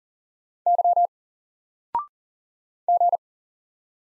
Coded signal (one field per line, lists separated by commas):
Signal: Morse code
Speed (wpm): 40 wpm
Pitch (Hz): 700 Hz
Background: none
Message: Y G